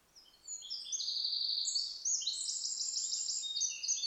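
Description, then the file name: Eurasian wren singing a fast, high-pitched stream of sharp notes and buzzy trills that gets louder and richer toward the end, over a faint background hiss. "Troglodytes troglodytes"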